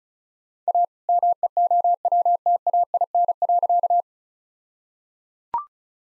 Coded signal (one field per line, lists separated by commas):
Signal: Morse code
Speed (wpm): 34 wpm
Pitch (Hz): 700 Hz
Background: none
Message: A MEOWTAIN.